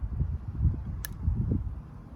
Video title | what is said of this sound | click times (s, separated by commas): Briggs EX No Compression Part 2, Fixed! | snaps right in and I'm going to take a little WD | 1.0 s